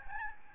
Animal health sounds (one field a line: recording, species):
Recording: mosquito wingbeat signal from an infrared sensor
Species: Aedes albopictus